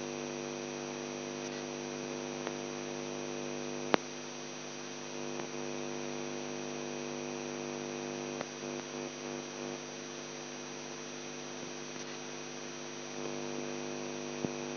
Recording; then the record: brain microelectrode recording played as sound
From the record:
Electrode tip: outside the subthalamic nucleus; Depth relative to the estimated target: -4 mm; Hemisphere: left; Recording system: AlphaMap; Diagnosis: Parkinson's disease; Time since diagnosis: 11 years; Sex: male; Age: 42 years